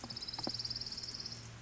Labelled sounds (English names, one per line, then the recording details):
Orange-crowned Warbler
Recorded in Sonoma County, California